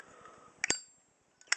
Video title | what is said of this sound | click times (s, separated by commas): Counterfeit Zippos : Is My Zippo Real? | Again, you're going to hear that click that's just not even close, to a Zippo. | 0.6 s, 1.5 s